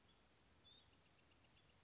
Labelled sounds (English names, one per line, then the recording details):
Bewick's Wren
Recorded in Sonoma County, California